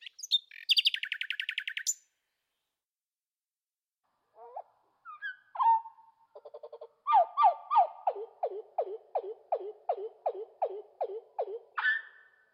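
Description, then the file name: Common nightingale song: a rapid rattling burst, a pause, scattered varied notes, then a long steady series of repeated downward-sliding whistles about three per second, ending on a single note. "ROSSIGNOL"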